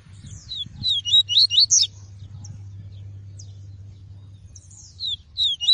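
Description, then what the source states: Double-collared seedeater delivering a fast jumble of high, slurred twittering notes, a quiet pause, then a shorter phrase, with a low steady hum behind. Song of the "tui-tui" variety.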